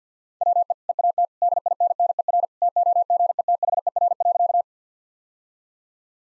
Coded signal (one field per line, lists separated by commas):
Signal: Morse code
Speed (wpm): 50 wpm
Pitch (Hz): 700 Hz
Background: none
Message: WE EAT DINNER TOGETHER.